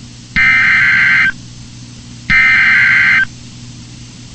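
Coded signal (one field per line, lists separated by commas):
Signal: Emergency Alert System (SAME) tones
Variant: header bursts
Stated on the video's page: Wind Chill Warning on NOAA Weather Radio issued by NWS Charleston WV, toned with the Winter Storm Warning SAME code.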